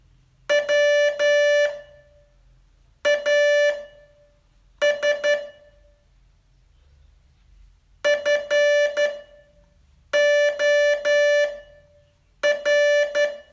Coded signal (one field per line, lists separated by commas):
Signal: Morse code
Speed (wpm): 12 wpm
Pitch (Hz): 580 Hz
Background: music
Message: WAS FOR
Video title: Learn Morse in 42 Days from VU2LAU - day 35 test